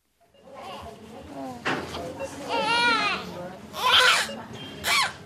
A baby girl's just been born at Akanksha Hospital. Wrapped tightly in a blue blanket, only her face is visible as she lets out another cry. A surrogate mother who's recovering after the delivery. Anand, a town in the western state of Gujarat.